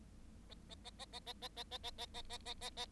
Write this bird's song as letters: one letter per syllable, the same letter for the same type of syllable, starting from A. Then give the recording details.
A A A A A A A A A A A A A A A A. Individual Bird7